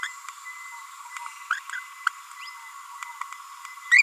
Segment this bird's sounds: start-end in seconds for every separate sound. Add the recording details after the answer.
0.03-0.08, 1.50-1.59, 3.91-4.02. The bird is a female. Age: 30 days. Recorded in a nest box in Venezuela. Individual 17B42A4